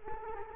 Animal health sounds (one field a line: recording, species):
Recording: mosquito wingbeat signal from an infrared sensor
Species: Culex quinquefasciatus